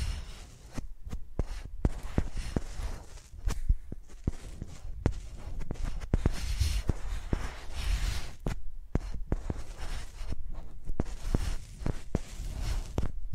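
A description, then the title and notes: Microphones used like pencils, tapping and scratching in an irregular stream of sharp clicks over a low, rumbling scrape. The strokes come in quick clusters with short gaps. Around six and eight seconds the scratching grows denser and brighter. Using Mics as Pencils (No Talking).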